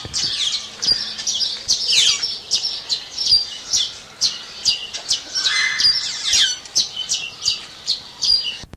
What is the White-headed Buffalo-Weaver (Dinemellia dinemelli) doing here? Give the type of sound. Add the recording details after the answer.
call. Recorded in captivity. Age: adult. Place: Zoo Berlin, Berlin, DE. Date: 1987-07-02 11:50. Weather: sunny, 20°C. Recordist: Tembrock, Günter